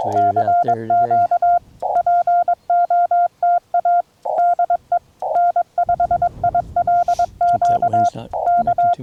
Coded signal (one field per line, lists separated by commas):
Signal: Morse code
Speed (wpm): 21 wpm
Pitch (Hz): 700 Hz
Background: speech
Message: CQ POTA DE N5ILQ K